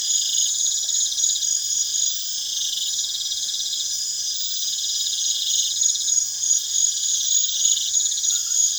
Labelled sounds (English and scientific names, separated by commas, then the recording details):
none
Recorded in pastures near Puerto Asís, Putumayo, Colombia, on 22 June 2025 at 20:30
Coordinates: 0.502, -76.324
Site G010